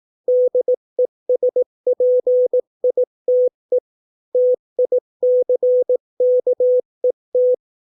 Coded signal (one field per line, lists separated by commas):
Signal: Morse code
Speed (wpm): 18 wpm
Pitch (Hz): 500 Hz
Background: none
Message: DESPITE TICKET